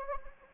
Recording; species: mosquito wingbeat signal from an infrared sensor; Anopheles gambiae